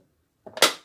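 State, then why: Seated. A small white plastic clip is pushed onto a kitchen cabinet part and snaps into place, holding on by itself. After near silence, three quick clicks land at 0.5, 0.6 and 0.6 seconds, the last one the loudest and brightest, with a short fading tail.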